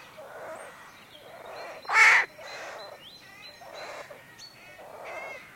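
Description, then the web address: Rooks giving harsh caws, one loud broad raucous call standing out amid softer overlapping cawing and thin chattering calls from a busy colony. Rookery with nests holding nestlings. "Sound Effects-BBC Rooks"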